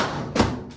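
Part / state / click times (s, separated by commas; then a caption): top cover panel onto clothes dryer cabinet clips / not seated / none. A metal top panel on an LG clothes dryer is folded down onto its plastic locating pieces and pressed toward its spring clips during a repair for a burning smell. A dull thud peaks around 0.4 seconds over low rumbling handling noise. Nothing has seated or clicked yet.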